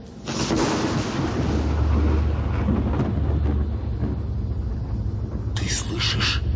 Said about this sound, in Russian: Слышишь? Надвигается гроза!